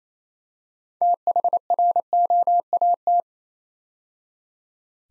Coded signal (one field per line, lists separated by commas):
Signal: Morse code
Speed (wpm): 29 wpm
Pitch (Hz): 700 Hz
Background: none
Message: THROAT